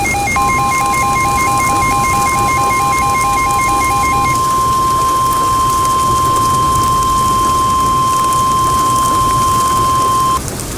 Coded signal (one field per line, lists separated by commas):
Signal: Emergency Alert System (SAME) tones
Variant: 1050 Hz attention tone